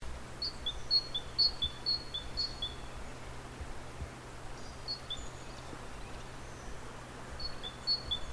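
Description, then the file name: Great tit giving a bouncing series of alternating high and lower notes, pausing, then repeating the two-note pattern faintly and once more more strongly at the end, with a constant low hum behind. "Parus major"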